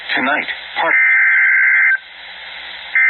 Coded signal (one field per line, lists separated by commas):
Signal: Emergency Alert System (SAME) tones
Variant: header bursts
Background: speech